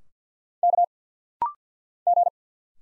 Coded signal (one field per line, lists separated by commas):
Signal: Morse code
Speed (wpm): 51 wpm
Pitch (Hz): 700 Hz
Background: none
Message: K G